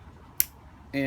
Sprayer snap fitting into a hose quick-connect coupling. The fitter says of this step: yeah so you can just snap it in